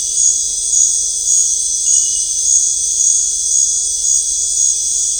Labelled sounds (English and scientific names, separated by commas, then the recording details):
none
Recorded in dense forest near Puerto Asís, Putumayo, Colombia, on 20 December 2024 at 19:00
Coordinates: 0.499, -76.324
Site G045